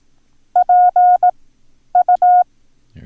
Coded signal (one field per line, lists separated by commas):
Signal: Morse code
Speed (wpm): 18 wpm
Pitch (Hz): 720 Hz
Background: none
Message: PU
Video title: Learn Morse Code - Lesson 7